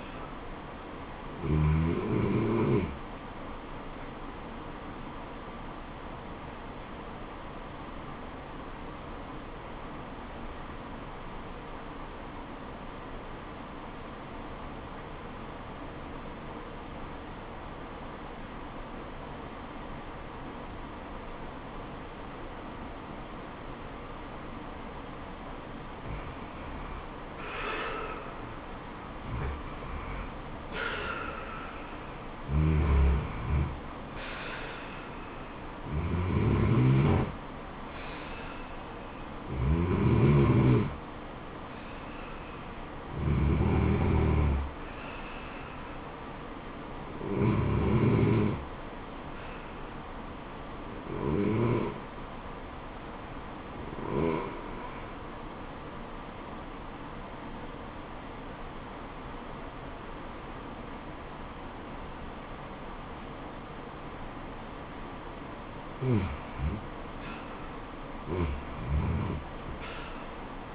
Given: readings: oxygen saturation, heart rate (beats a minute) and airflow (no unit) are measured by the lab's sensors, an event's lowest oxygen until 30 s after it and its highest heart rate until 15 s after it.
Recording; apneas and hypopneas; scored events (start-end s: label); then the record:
breathing in sleep by a voice recorder at the bedside; 2
7.00-26.20 s: obstructive apnea (REM, oxygen 96% highest, then 90% lowest, heart rate 79 at the start, 79 highest)
22.00-70.75 s: new sleep stage, N1 (lightest sleep)
49.00-66.60 s: hypopnea (N1, oxygen 97% highest, then 91% lowest, heart rate 76 at the start, 80 highest)
From the record:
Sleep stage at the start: REM sleep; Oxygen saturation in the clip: 90 to 97%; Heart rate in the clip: 67 to 81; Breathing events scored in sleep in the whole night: 426 in 7.4 hours asleep